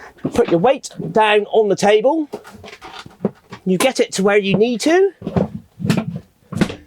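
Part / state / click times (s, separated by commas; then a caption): drop-down table leg latch in a motorhome dinette / seated / 6.5 s, 6.6 s. A drop-down table leg latch in a motorhome dinette is lowered to bed height by pressing the push button on the table legs and putting weight on the table. Someone talks throughout. Near the end, the leg latch clicks into place at about 6.5 s and 6.6 s, and the latch is seated.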